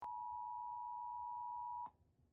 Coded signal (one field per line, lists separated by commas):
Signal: Emergency Alert System (SAME) tones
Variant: 853 and 960 Hz attention tone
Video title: EAS Mock: Louisiana Tornado